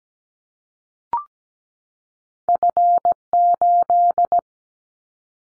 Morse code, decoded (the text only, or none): F8